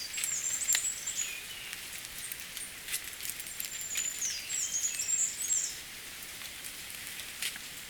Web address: bird song kikuitadaki